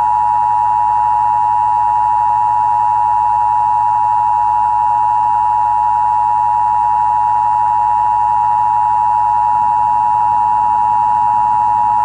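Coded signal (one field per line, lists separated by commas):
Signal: Emergency Alert System (SAME) tones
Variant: 853 and 960 Hz attention tone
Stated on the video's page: Archival broadcast TV test of the Emergency Action Notification System, enhanced audio.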